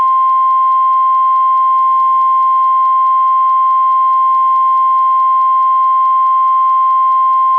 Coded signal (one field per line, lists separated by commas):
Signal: Emergency Alert System (SAME) tones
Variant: 1050 Hz attention tone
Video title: Laclede County, MO Civil Emergency Messages EAS Audio | 04/23/2024